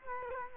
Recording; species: mosquito wingbeat signal from an infrared sensor; Culex quinquefasciatus